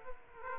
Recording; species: mosquito wingbeat signal from an infrared sensor; Aedes aegypti